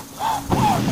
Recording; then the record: coughing mixed with background sound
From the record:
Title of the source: Spring Allergy Coughing